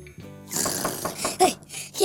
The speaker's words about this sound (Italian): A un certo punto sentì bussare alla porta.